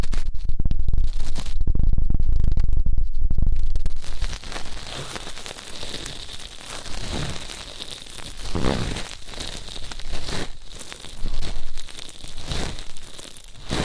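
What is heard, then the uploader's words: Ear cleaning sounds: for the first four seconds, heavy low rumbling and thumping from handling dominate. Then comes crinkly, scratchy rustling in uneven bursts, sharpest around seconds seven, nine and eleven, over a thin steady high whine. ASMR Intense Electrifying Ear Cleaning.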